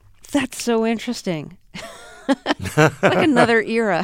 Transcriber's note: laughter